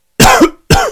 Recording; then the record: coughing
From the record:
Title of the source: Coughing 51